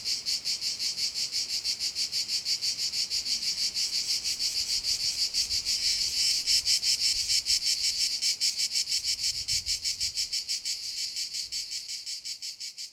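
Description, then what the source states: Cicadas singing in a dense, high buzzing chorus, pulsing about three times a second without pause. Cicadas recorded at Castelvecchio di Rocca, Liguria, Italy.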